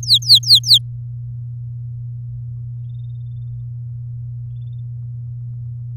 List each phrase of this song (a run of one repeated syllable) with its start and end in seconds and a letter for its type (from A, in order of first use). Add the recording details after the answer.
0.03-0.78 A. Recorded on 8 May 2018 at 10:07. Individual llb16